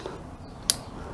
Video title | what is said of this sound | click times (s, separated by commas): Royal Enfield Classic 500 - Bullet 500 Booster Plug Review | so you heard that click | 0.7 s